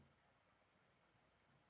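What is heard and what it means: A plastic part of a 1/72 scale vehicle model kit is handled against its mating part, resisting as it is worked toward going in. Only a steady, low broadband hiss is heard, with no sharp sounds. Nothing has seated or clicked yet.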